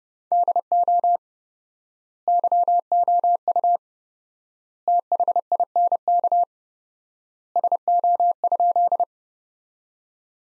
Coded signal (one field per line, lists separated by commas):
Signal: Morse code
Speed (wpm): 32 wpm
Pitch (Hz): 700 Hz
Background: none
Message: DO YOU THINK SO?